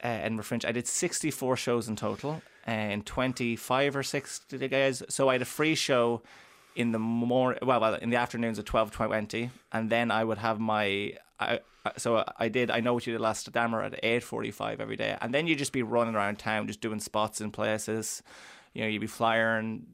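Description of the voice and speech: Adult male speech with word repetitions, drawn-out sounds and brief blocked pauses: mild stuttering in otherwise fluent talk. This is a stammer present since age 4 that worsened suddenly after his first year of secondary school. It varies from day to day, is worse when he is tired, and is milder on stage.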